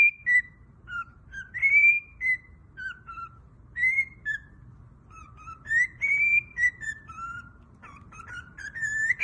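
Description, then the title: Cockatiel whistled phrases of single clear notes spaced by short silences, a denser rising run at the close. Several cockatiels whistling. "Calopsitas Cantando Assobio"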